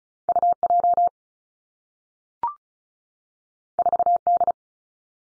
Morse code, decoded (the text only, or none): U J 4 D